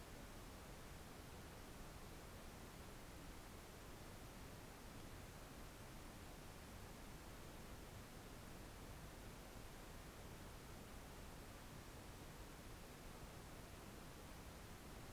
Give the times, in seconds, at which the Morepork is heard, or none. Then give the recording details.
none. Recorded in New Zealand on 4 June 2017. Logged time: 21:16. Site Taranaki